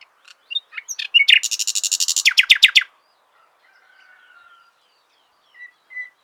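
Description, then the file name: Common nightingale delivering scattered clicks, a dense buzzy rattle and a fast run of descending notes, then a soft drawn-out whistle and two short chirps. "Luscinia megarhynchos"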